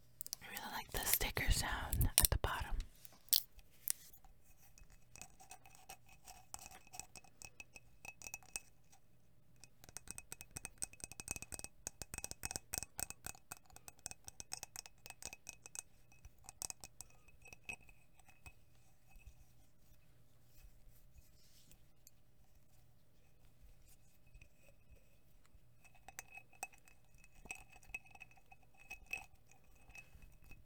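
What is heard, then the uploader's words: A loud rushing burst in the first three seconds gives way to light clicks, taps and clinks of glass, clustered around 10–17 seconds and again near 26. Lid sounds. Glass sounds.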